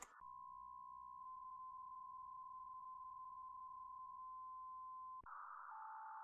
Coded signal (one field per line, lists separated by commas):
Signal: PSK63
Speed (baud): 62.5 baud